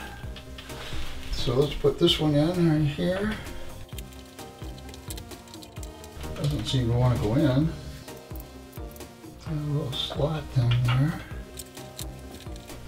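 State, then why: Not seated. A RAM memory module is handled over a DIMM slot on a Dell Precision T8510 desktop motherboard while someone talks. Light taps and clicks of handling are heard between the speech. The clip ends before the module goes home, and nothing has seated or clicked yet.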